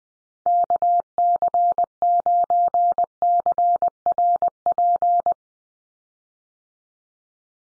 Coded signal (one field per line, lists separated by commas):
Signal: Morse code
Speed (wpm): 20 wpm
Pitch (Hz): 700 Hz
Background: none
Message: KC9CRP